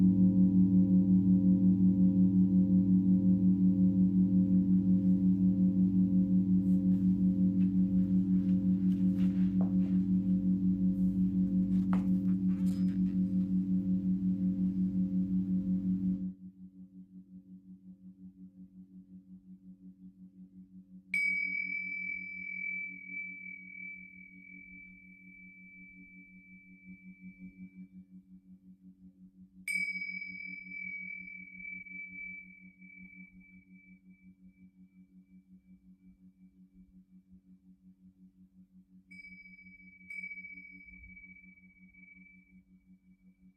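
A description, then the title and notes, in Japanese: A Tibetan singing bowl hums low and full for sixteen seconds, then thins to a steady drone while bright chimes strike near 21, 30 and 39 seconds. チベットのシンギングボウルの音。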